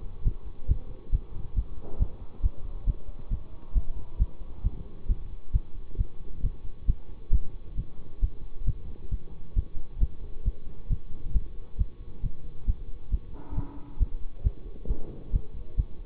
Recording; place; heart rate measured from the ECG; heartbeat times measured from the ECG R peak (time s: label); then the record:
heart sounds by stethoscope; between the tricuspid and mitral areas; 135 bpm
0.23 s: heartbeat
0.66 s: heartbeat
1.10 s: heartbeat
1.54 s: heartbeat
1.98 s: heartbeat
2.41 s: heartbeat
2.85 s: heartbeat
3.29 s: heartbeat
3.73 s: heartbeat
4.18 s: heartbeat
4.62 s: heartbeat
5.07 s: heartbeat
5.52 s: heartbeat
5.97 s: heartbeat
6.41 s: heartbeat
6.86 s: heartbeat
7.31 s: heartbeat
7.76 s: heartbeat
8.20 s: heartbeat
8.65 s: heartbeat
9.10 s: heartbeat
9.54 s: heartbeat
9.99 s: heartbeat
10.43 s: heartbeat
10.88 s: heartbeat
11.32 s: heartbeat
11.77 s: heartbeat
12.21 s: heartbeat
12.65 s: heartbeat
13.10 s: heartbeat
13.54 s: heartbeat
13.98 s: heartbeat
14.42 s: heartbeat
14.87 s: heartbeat
15.31 s: heartbeat
15.75 s: heartbeat
From the record:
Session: bicycle stress test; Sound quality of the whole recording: good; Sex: male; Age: 24 years